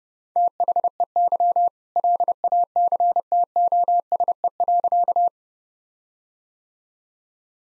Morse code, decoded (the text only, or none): THEY LACTOSE.